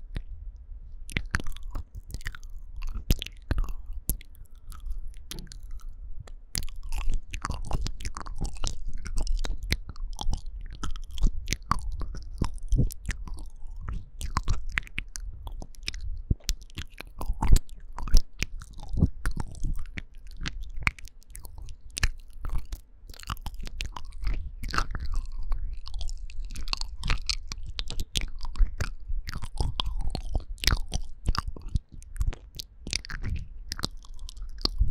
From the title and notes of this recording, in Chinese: 口腔音. 吹氣 | MouthSounds | NoTalking。